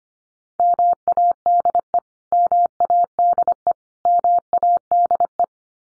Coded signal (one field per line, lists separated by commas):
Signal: Morse code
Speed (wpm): 25 wpm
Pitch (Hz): 700 Hz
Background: none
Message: MADE MADE MADE